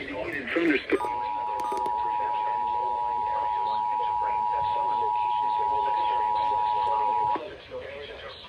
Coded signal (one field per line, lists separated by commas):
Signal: Emergency Alert System (SAME) tones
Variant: 853 and 960 Hz attention tone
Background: speech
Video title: EAS Alerts From July 9, 2025!